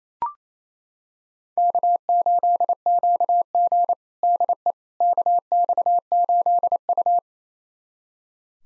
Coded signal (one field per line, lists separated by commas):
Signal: Morse code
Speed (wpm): 28 wpm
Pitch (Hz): 700 Hz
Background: none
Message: K8QG DE KX8U